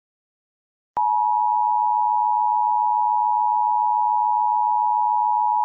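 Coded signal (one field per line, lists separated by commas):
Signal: Emergency Alert System (SAME) tones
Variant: 853 and 960 Hz attention tone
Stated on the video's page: Recreation of EAS bulletins for the 2007 Greensburg, Kansas EF5 tornado, including tornado warning and tornado emergency.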